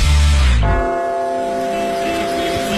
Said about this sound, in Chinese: 泰晤士的鸣笛告知着岁月的流淌